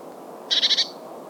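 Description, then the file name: Eurasian blue tit giving one brief harsh churr of four quick buzzy pulses, high-pitched, against a faint low background hum. "Cyanistes caeruleus"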